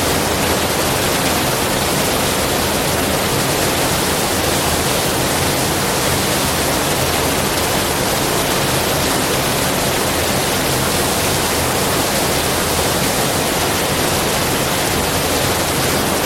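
Rain falls in a dense, unbroken wash that fills everything from low rumble to bright hiss. The level holds perfectly steady for the whole stretch, with no separate drops, gusts or pauses standing out, and nothing else can be heard beneath it.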